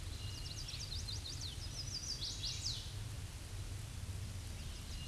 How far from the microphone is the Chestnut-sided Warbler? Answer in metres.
about 25 m